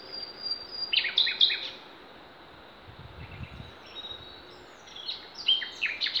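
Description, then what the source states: Songbird song as short bursts of high chirped notes at the start and end, with a quieter gap and a soft low thump in between. Songbirds singing in Demerje forest (demerska šuma), recorded 28 April 2020.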